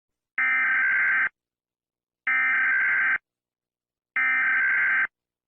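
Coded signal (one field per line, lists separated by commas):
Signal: Emergency Alert System (SAME) tones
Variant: header bursts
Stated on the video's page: Fictional EAS scenario using valid SAME tones.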